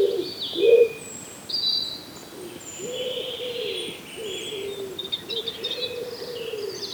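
Wood pigeon giving soft, muffled coos, a short burst early then quieter drawn-out notes, while other songbirds chirp and whistle.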